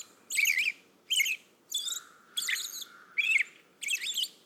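American robin song: a steady series of six short caroling phrases with quiet gaps between.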